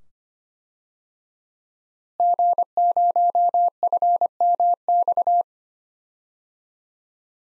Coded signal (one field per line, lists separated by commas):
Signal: Morse code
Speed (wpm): 25 wpm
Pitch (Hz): 700 Hz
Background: none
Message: G0FMX